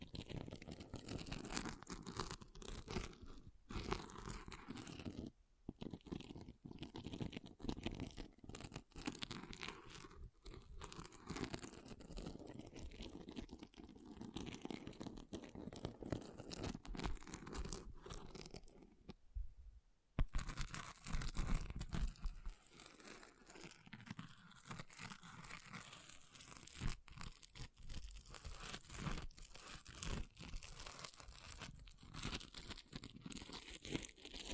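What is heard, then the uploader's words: An object is scratched in dense, rapid, irregular strokes, a rough crunching and crinkling texture that runs almost without pause. Brief gaps near 5 and 20 seconds break the flow, and after the second the sound turns thinner and brighter, losing some low body. ASMR Brain Melting Object Scratching (No Talking).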